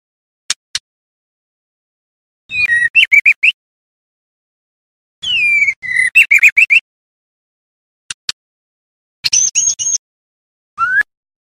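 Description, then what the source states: White-rumped shama song: broken bursts of busy, scratchy, high-pitched phrases with sharp clicks between them and a brief rising whistle at the close. Song with 'isian perih' filler phrases, used as masteran for training songbirds.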